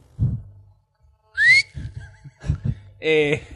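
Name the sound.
person whistling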